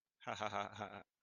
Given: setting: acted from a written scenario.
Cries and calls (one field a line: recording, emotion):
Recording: vocal sound without words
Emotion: amusement